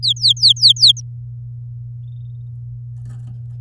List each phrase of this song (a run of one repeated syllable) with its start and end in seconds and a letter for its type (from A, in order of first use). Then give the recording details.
0.03-1.01 A. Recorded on 11 May 2018 at 09:31. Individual llb16